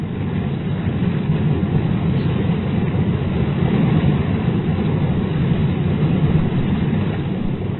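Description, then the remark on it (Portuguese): A steady, rumbling roar of a distant waterfall where a river flows out of a lake at the sources of the Nile, in July 1862, continuous and even in loudness throughout, with heavy low-end weight and no voices or breaks. “É uma cachoeira.”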